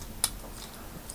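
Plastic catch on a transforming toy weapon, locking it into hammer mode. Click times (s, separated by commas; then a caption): 0.2 s. A blue plastic catch on a transforming toy weapon is swung around and pegged in, giving one sharp, bright click at 0.2 s as it locks the weapon into hammer mode. A couple of faint ticks follow near 1.1 s over a quiet background.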